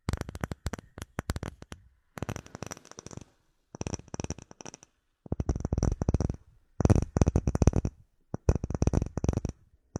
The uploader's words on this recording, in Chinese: 舒缓解压的敲击音。